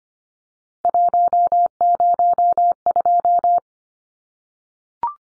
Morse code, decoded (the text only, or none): 102